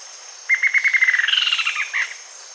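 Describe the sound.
Bird giving a fast string of clipped repeated notes that climb in pitch and break into short higher chirps before ending with two separate notes.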